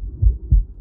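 Heartbeat heard through a Littmann Core digital stethoscope, with background noise removed. Two low-pitched beats.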